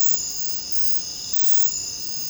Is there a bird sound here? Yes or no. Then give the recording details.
no. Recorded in secondary vegetation near Puerto Asís, Putumayo, Colombia, on 26 December 2024 at 05:30. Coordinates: 0.499, -76.323. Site G010